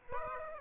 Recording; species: mosquito wingbeat signal from an infrared sensor; Aedes aegypti